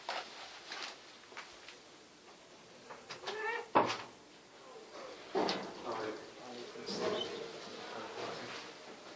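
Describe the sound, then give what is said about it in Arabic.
A door is opened, a sharp latch clack partway through with some scraping and rustling around it, while muffled voices murmur in the background. “فرموا، افتح الباب حتى.”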